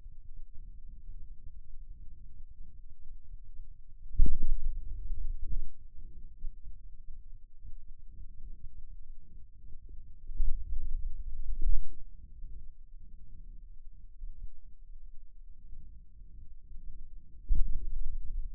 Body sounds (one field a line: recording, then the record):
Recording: forearm muscle sounds (acoustic myography)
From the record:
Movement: pen grasping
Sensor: system 2, bracelet of six BSWA MPA416 microphones around the upper forearm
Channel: 2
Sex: male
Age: 22 years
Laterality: right